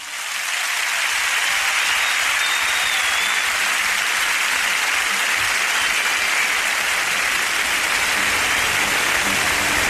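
Sustained, dense audience applause for a traditional Galician cantareiras and pandereteiras group from Arteixo, a steady wash of many hands clapping at a loud, even level for the full ten seconds, with no voices standing out.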